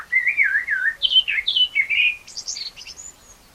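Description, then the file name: Common blackbird song, a mellow fluty warble of looping whistled notes that ends in a thin, high twittering flourish. "Turdus merula"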